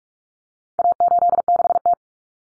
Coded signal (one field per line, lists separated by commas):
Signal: Morse code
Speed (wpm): 44 wpm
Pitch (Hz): 700 Hz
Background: none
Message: A86T